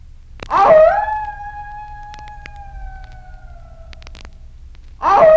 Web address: efectos sonido lobo